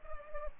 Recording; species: mosquito wingbeat signal from an infrared sensor; Culex pipiens